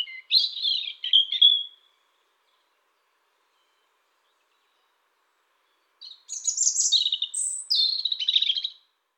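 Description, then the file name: European robin song: a thin, high warbling phrase of quick trills, a long pause of about four seconds, then a second, longer sweet phrase of varied, tumbling notes. "pettirosso"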